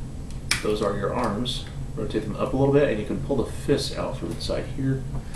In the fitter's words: and slide it back slightly you'll hear it kind of Click into place